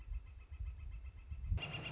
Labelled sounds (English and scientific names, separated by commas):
Northern Flicker (Colaptes auratus)